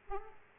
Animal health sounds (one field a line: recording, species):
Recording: mosquito wingbeat signal from an infrared sensor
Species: Aedes aegypti